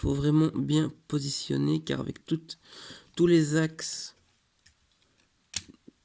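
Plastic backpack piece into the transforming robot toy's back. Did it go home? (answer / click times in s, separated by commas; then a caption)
yes / 5.6 s. Someone talks while positioning the plastic backpack section of a transforming robot toy among its joints on the toy's back. After the talk stops, faint handling sounds are followed by a sharp click at 5.6 s as the backpack piece clips into place and is seated.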